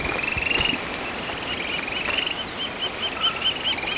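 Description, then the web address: Yellow tyrannulet: a short buzzy trill at the start, amid a dense chorus of insects and other clipped, evenly spaced notes. Ecuador. "Natures Songs S America Birds of Ecuador Yellow Tyrannulet"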